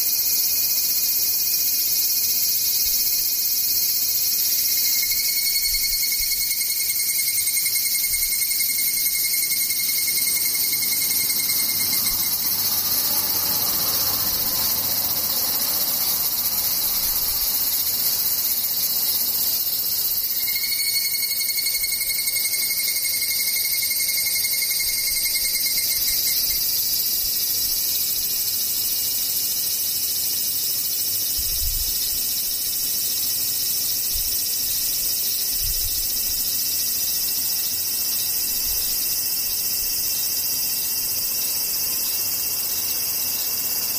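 Insects buzz and trill in a dense, unbroken chorus that stays high and shrill for the whole stretch. A lower singing line shifts in and out around the middle, and a few soft low thumps turn up near the half-minute mark.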